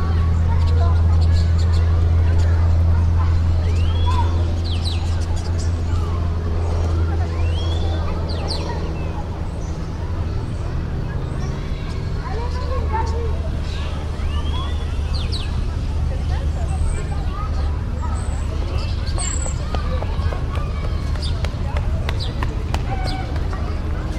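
Birds chirp and trill throughout, with scattered short calls and a few brighter whistles near the middle and end. A steady low traffic rumble sits underneath, strongest in the first few seconds, with faint voices mixed into the constant busy background.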